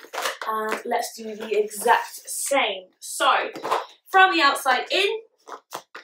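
Someone talks while a tab on a folded corrugated plastic (Coroplast) sheet for a C&C guinea pig cage is fed from the outside in and pulled all the way through its slot. A couple of faint ticks lead up to a small, sharp click at about 6.0 s as the locking tab seats in the slot.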